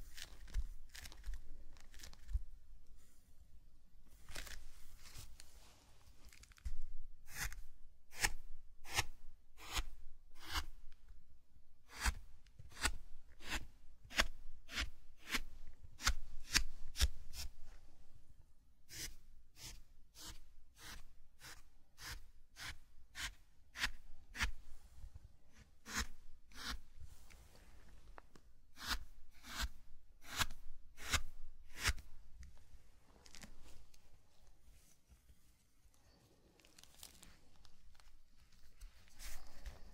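Zen garden sand sounds, built around a run of sharp, bright taps that come in quick irregular bursts, densest from about 7 to 33 seconds. Soft crinkling and brushing rustle underneath, with a low rumble throughout and quieter stretches near the start and end.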